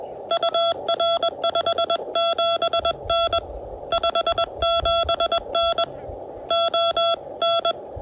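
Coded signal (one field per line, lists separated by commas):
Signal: Morse code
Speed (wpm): 21 wpm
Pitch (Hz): 670 Hz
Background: none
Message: UR57N 57N ON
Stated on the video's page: CW from an Elecraft KH1 on a 41 ft end-fed random wire instead of its whip, with improved SNR.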